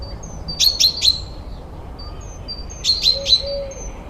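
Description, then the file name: Common chaffinch calls: two bursts of three sharp, bright, clipped notes about two seconds apart. "Fringilla coelebs"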